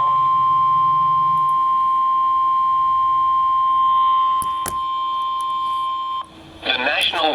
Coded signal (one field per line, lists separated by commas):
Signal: Emergency Alert System (SAME) tones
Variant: 1050 Hz attention tone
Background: speech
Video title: CHAOS ACROSS NEW ENGLAND! - EAS Alerts from 08/08/2023 (EAS #317-#325)